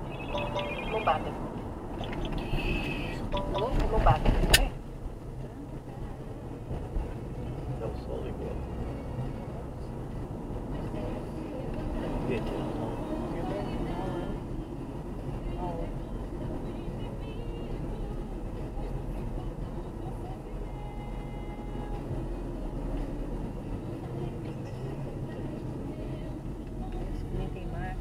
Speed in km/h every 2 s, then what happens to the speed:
57, 41, 43, 50, 55, 56, 51, 49, 47, 48, 46, 42, 32, 16.
0-2 brakes to 41. 2-9 speeds up to 56. 9-26 slows to 16.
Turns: none.